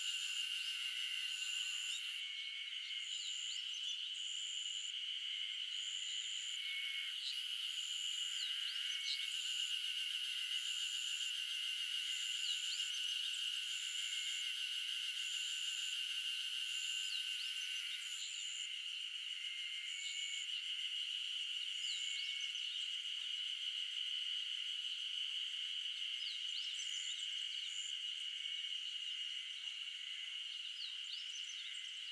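Insects buzz and hum on an early summer morning in the mountains of Shizuoka, Japan, with one steady, shrill drone running unbroken for the whole time. A thin, very high pulsing call turns on and off in a regular beat until about 18 seconds, then returns only briefly. Nothing low underneath.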